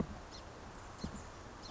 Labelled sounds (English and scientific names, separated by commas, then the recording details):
Song Sparrow (Melospiza melodia)
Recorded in Sonoma County, California